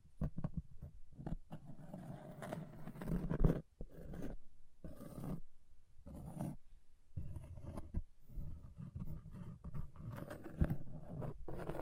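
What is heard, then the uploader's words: Scratching at an object comes in rough, uneven bursts of low, grinding scraping, separated by brief pauses near 3.7, 6, 7.5 and 8 seconds. The strokes are dense and irregular, mostly dull and heavy, with occasional sharper clicks, including one around 10.5 seconds. ASMR Brain Melting Object Scratching (No Talking).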